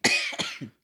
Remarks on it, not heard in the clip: I made him laugh, so now he has to cough uncontrollably like a Muppet.